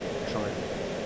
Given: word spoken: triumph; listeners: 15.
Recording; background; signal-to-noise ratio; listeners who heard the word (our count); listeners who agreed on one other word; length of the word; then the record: one English word in noise, from a listening test; speech-shaped noise; -5.1 dB; 3 of 15; 6 of 15; 0.66 s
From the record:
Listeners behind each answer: 6, 3, 2, 1, 1, 1, 1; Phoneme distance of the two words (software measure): 44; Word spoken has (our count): 2 syllables, 6 phonemes, stress on syllable 1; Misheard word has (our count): 1 syllable, 4 phonemes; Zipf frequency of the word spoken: 4.01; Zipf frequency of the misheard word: 5.14